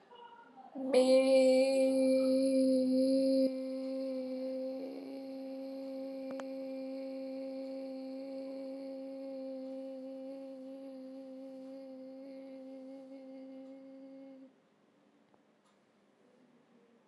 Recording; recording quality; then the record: sustained vowel as in made; excellent, no background noise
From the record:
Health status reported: healthy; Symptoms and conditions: hypertension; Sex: female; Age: 26 years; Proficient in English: yes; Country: India